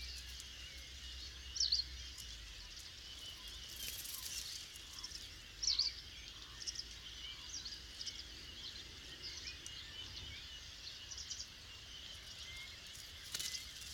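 Starlings in a clay pit, a large flock chattering as a dense, steady mass of high twittering and whistles. Sharper calls stand out near 2 and 6 seconds, with a brief burst of hiss around 4 seconds and a low rumble underneath throughout.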